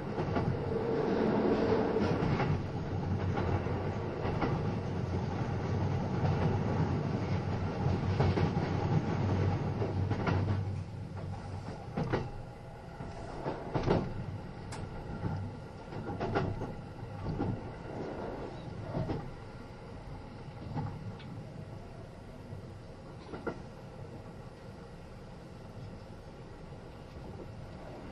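Riding aboard a Kintetsu 80000 series Hinotori train, a dense, steady low rumble and roar fill the first ten seconds. Around the tenth second it drops to a quieter running hum, with sharp clicks and thumps every second or two, and faint voices underneath.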